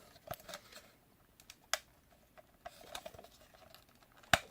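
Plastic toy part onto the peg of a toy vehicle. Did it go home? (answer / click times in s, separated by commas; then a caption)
yes / 4.3 s. A plastic toy part is pressed onto its matching peg to finish a toy air chariot vehicle. Light plastic taps and rustles come first, with a sharp snap at 1.7 s. The part seats with a loud, crisp click at 4.3 s.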